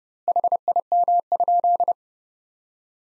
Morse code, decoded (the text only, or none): HIM?